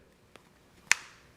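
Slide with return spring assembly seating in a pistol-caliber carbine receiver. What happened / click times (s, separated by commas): The spring-loaded metal slide clicked fully home / 0.9 s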